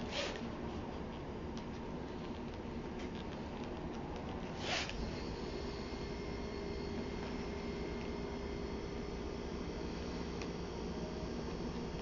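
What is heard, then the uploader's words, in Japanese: Someone copying text by hand, with a steady scratching and rubbing, two brief louder swipes near the start and middle, over constant low rumble. 茨木のり子 著『女がひとり頬杖をついて』から、詩『ぎらりと光るダイヤのような日』を書き写している最中の音をお送りします。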